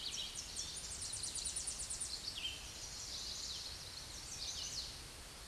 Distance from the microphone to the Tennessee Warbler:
about 35 m